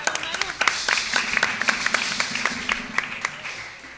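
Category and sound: crowd, audience applause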